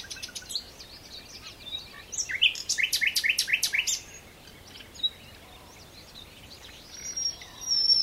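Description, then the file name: Common nightingale singing, with scratchy opening notes leading into a loud series of rapid, evenly spaced piping notes, followed by softer twittering and a renewed phrase at the end. "Luscinia megarhynchos"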